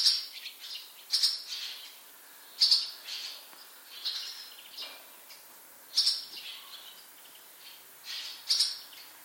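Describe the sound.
Bird chirps: clusters of sharp high notes, then short pauses, repeating irregularly over a light hiss.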